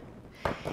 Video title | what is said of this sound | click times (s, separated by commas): Vegan Milkshake with Your Ninja Creami | you can hear the click and then we can take it down | 0.4 s